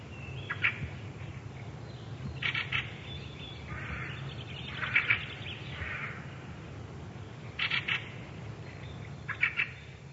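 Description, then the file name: Fieldfare giving several harsh chattering calls in short bursts over a steady low hum. "turdus pilaris"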